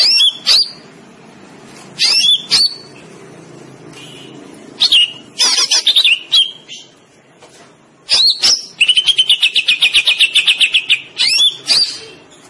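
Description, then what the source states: Greater green leafbird song of short whistled sweeps and clicks, then a sustained rapid trill of repeated notes. Cucak ijo, a singing bird described as gacor, meaning singing loudly and continuously.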